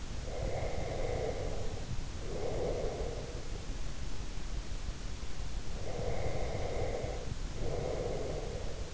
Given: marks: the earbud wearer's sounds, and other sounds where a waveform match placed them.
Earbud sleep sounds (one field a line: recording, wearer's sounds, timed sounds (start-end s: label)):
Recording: sounds in sleep by an in-ear microphone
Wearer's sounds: breath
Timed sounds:
0.48-3.34 s: breath
5.70-8.93 s: breath